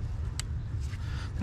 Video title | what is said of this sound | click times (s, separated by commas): 【技師手把手教你】引擎燈亮？車沒力？爆震？耗油？你的車可能有這個問題！Engine light on? Lack of power? What's wrong with my car! 字幕/Sub | 咔一声，然后再把上面的安全扣给扣回去。 | 0.4 s